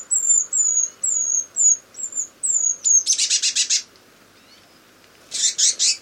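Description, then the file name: Eurasian blue tit calling: a run of several thin, high, slightly falling notes, then a scolding buzzy churr of rapid notes, a pause, and another buzzy churr burst. "Cyanistes caeruleus"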